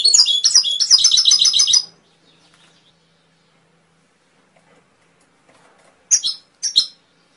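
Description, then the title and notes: Canary song opening with a fast, bright rolling trill of about two seconds, then near silence before two short high chirps near the end. Canary song used as a training recording (masteran) to stimulate songbirds to sing. "SUARA MASTERAN KENARI. masteran kicau kenari"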